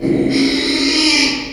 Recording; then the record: squeal of a Yucatan mini pig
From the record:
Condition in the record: after surgery on the right vocal fold (resection and tissue-engineered implant); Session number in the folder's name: 2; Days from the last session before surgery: 13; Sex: male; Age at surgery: 12 weeks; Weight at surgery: 13 kg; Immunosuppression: cyclosporine, prednisolone